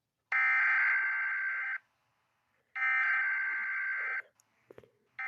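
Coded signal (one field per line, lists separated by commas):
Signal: Emergency Alert System (SAME) tones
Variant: header bursts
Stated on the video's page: Fictional EAS scenario alert tones, without sirens and with the Emergency Action Notification removed.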